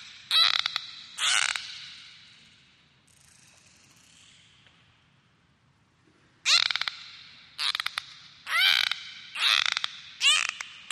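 Dolphin pulsed calls: two harsh squawking bursts, a quiet stretch of about five seconds, then a run of five similar buzzy bursts close together.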